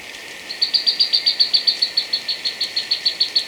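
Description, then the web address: White-throated tyrannulet calls: a rapid, steady series of sharp, high chip notes over a soft background hiss. Ecuador. "Natures Songs S America Birds of Ecuador 2-55 White-Throated Tyrannulet"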